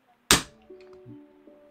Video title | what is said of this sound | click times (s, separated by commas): Seiko Flightmaster SNA413 Easy Sapphire Mod | you just put in here and you're going to feel and hear a pop. There it | 0.3 s